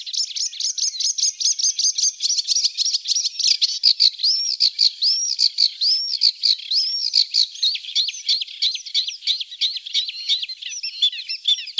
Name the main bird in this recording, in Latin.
Acrocephalus scirpaceus